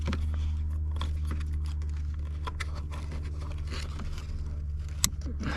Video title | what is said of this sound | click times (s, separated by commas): Dodge Challenger 2022 HP tuner smart access cable install | there we go we heard it snap it clicked in | 5.0 s